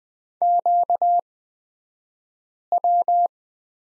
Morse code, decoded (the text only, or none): QW